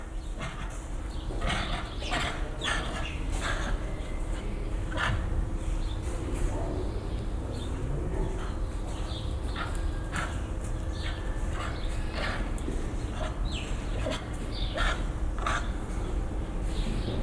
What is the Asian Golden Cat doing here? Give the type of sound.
call